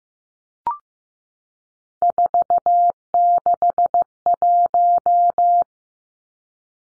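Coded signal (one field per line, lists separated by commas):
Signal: Morse code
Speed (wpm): 15 wpm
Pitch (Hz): 700 Hz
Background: none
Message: 461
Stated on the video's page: Morse code drill of three-digit numbers at 15 wpm for head copy, each number sent twice.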